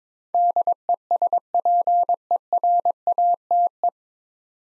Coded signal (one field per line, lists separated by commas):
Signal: Morse code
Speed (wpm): 22 wpm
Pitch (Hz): 700 Hz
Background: none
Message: DESPERATE